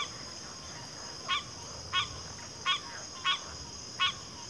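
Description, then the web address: Cricket chorus holding a steady high trill, with five sharp rasping calls from another animal. Cricket chorus recorded at a backwater. "Natures Songs Sleep Sounds of Nature CRICKETS Backwater Chorus"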